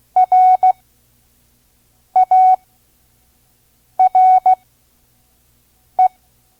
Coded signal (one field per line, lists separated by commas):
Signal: Morse code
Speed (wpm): 16 wpm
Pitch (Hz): 740 Hz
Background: none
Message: RARE